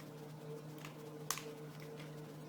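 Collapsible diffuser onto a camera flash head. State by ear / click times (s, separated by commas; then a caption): seated / 1.3 s. A collapsible rubber/plastic light-sphere diffuser is pulled over the head of a hot-shoe flash mounted on a camera. Faint rubbing and a soft tap come first, then a sharp pop at 1.3 s as the diffuser seats in place, over a steady low hum.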